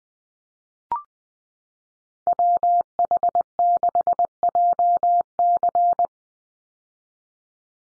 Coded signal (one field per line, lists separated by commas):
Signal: Morse code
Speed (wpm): 20 wpm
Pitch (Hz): 700 Hz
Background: none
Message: WH6JC